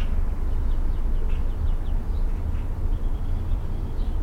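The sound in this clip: Mockingbird song: a quick run of repeated slurred notes, then scattered higher phrases, faint against a loud, continuous low droning noise.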